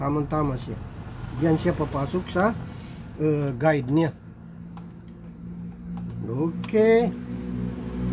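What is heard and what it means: A memory module is lined up in its guide slot on a motherboard while someone talks. Soft ticks at about 4.8 s and 6.0 s come from fitting the part into the guide, with a steady low hum underneath. The module has not clicked or locked into place yet.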